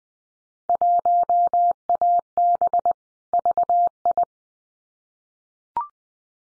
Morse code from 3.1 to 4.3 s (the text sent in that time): VI